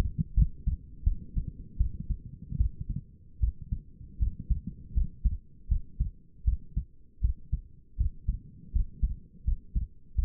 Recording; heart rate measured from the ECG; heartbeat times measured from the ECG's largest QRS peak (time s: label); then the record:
heart sounds by stethoscope; 80 bpm
0.35 s: heartbeat
1.04 s: heartbeat
1.78 s: heartbeat
2.58 s: heartbeat
3.40 s: heartbeat
4.19 s: heartbeat
4.94 s: heartbeat
5.68 s: heartbeat
6.45 s: heartbeat
7.21 s: heartbeat
7.97 s: heartbeat
8.73 s: heartbeat
9.45 s: heartbeat
10.16 s: heartbeat
From the record:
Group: healthy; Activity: cold pressor test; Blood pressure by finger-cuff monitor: 144/94 mmHg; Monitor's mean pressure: 108 mmHg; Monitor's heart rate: 79 bpm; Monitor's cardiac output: 5.7 L/min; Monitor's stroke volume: 72 mL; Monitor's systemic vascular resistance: 1410 dyn s/cm5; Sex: female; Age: 37 years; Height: 168 cm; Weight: 70 kg